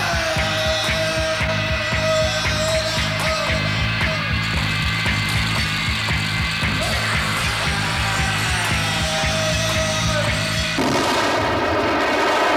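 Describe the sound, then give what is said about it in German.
Loud, dense bursts of gunfire crack in rapid, uneven succession over a thick rumbling din as a man shoots, then give way near the end to a broad, roaring explosive blast that destroys a room. “Kaumann schießt. Das Zimmer wird durch eine Explosion zerstört.”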